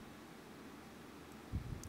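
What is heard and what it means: A flex cable connector is pressed firmly onto its socket on an iPhone 5s logic board during a screen replacement. A steady low hiss runs throughout, with a low thump of handling around 1.5 s, then a short, sharp snap at 1.8 s. The connector snaps on and is seated.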